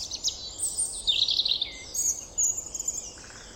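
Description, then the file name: European robin song: a fast, continuous string of high, tinkling notes and thin slurred whistles, with no pause. "Erithacus rubecula"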